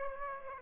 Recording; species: mosquito wingbeat signal from an infrared sensor; Aedes aegypti